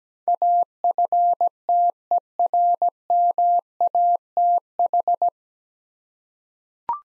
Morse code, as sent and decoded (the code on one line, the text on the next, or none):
.- ..-. - . .-. -- .- - ....
AFTERMATH